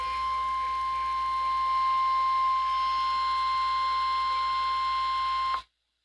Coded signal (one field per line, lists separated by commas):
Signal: Emergency Alert System (SAME) tones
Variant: 1050 Hz attention tone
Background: speech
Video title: NWS Pittsburgh Severe Thunderstorm Warning 07092016 EAS